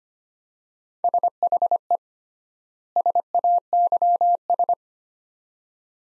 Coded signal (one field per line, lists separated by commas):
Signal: Morse code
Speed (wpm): 25 wpm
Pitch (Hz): 700 Hz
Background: none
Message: SHE SAYS